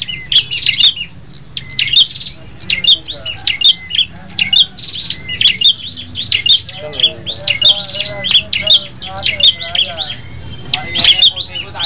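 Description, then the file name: Tailorbird song: continuous high chirping phrases in quick succession, with some lower warbling notes in the middle and a low hum throughout. Red-headed type, several birds singing together as a group. "prenjak kepala merah ombyokan omkicau"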